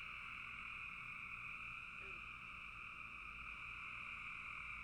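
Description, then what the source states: Dense frog chorus forming a constant trilling drone, with a short faint lower note near the midpoint. Frogs calling in a bog.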